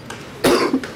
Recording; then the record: coughing mixed with background sound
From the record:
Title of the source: Coughing 77